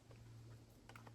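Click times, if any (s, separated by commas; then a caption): none. The large plastic wiring connector on a Rotarytronics digital gauge harness is handled and pushed toward the big cable plug of the dash wiring loom behind the dash of a Mazda MX5 NC Mk3. Several light, short plastic taps sound over a steady low hum, the sharpest at about 1.0 s. Nothing has seated or clicked yet.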